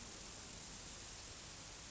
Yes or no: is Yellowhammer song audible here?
no